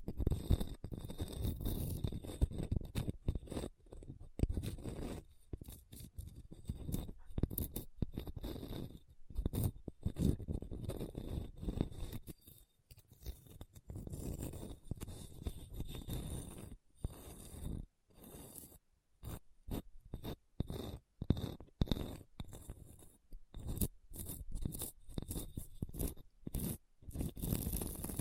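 Scratching on a hard, bumpy surface, made of dense, rough strokes that start and stop irregularly throughout. Short bursts alternate with brief silent gaps, growing choppier after about eighteen seconds. The scraping sits mostly low and gritty, with a thin high hiss above.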